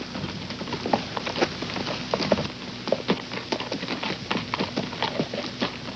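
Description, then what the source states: Horse hoofbeats in a steady patter, sharp clops with a few higher ringing knocks mixed in. Long steady walk.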